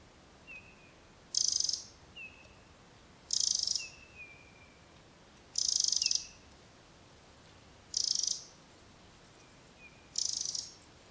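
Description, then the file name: Eurasian wren repeating harsh high rattling bursts about every two seconds, with faint thin sliding notes between them over steady background hiss. "Troglodytes troglodytes"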